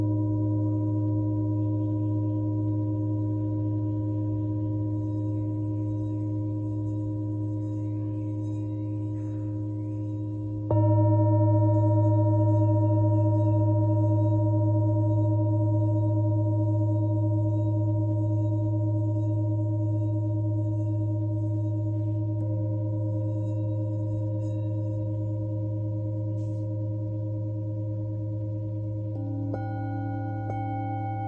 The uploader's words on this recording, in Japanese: メキシコから シンギングボウルのサウンドヒーリングをお届け ライブ。